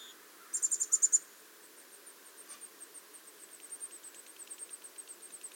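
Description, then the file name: Black-capped chickadee call: a quick burst of about six high, buzzy notes near the start, followed by a long run of faint, evenly spaced high ticks that could be an insect. "Poecile atricapillus - Black-capped Chickadee"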